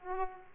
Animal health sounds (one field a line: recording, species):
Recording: mosquito wingbeat signal from an infrared sensor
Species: Aedes aegypti